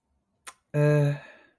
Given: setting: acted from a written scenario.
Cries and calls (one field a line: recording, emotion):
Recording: vocal sound without words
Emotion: neutral